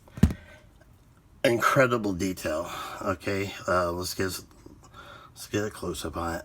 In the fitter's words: First, I'll show off the lightsaber hilt, and that just snaps right into that hole right there.